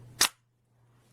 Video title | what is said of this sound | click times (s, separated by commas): 2023 Shed Knives Atlas DETAILED Review - Shed Knives #shedknives | it's a nice click there nice sound and let's go ahead and pull it out do | 0.2 s